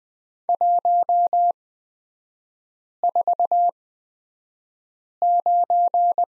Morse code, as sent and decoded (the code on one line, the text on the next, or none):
.---- ....- ----.
149